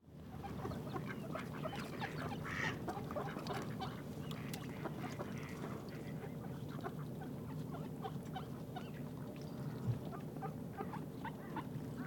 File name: Digiffects Sound Effects Library - Flock of Mallard Ducks